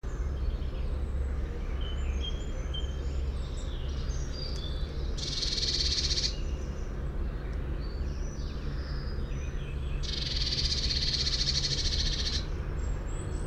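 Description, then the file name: Eurasian blue tit churring calls: two long, harsh, buzzy bursts about five seconds apart, with other small birds twittering faintly and a constant low rumble. "Cyanistes caeruleus"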